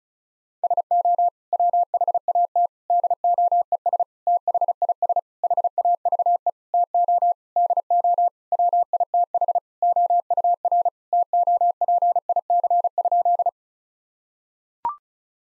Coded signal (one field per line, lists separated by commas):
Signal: Morse code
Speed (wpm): 36 wpm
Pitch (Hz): 700 Hz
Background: none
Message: SO WHAT DOES THIS HAVE TO DO WITH OUR TOPIC?